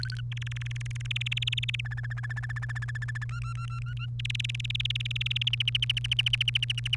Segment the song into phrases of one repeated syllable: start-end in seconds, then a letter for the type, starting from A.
0.00-0.20 A, 0.32-1.81 B, 1.85-3.24 C, 3.29-4.05 D, 4.19-5.49 B, 5.53-6.96 E